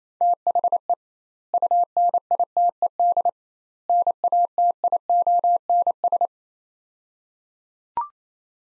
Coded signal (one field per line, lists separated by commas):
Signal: Morse code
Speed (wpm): 27 wpm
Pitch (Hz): 700 Hz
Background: none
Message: THE UNITED NATIONS